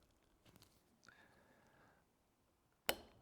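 A punch is pressed into a Glock Gen 6 pistol slide to push out a pin or plunger. Faint ticks come at 0.6 s and 1.1 s, then a sharp, loud pop at 2.9 s as the part pops loose and the parts come out, released.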